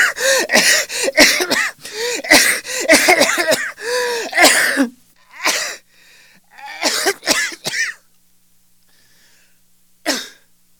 Daily life cough sound.